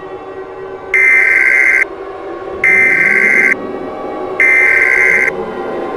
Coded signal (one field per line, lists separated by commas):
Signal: Emergency Alert System (SAME) tones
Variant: header bursts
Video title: Rising Voltage: An EAS Scenario (4 Minute Preview)